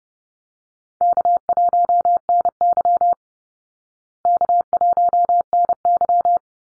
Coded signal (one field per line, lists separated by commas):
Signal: Morse code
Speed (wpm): 30 wpm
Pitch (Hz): 700 Hz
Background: none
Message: K1NY K1NY